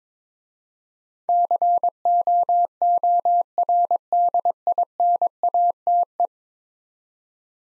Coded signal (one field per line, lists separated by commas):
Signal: Morse code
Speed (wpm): 23 wpm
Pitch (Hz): 700 Hz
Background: none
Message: COORDINATE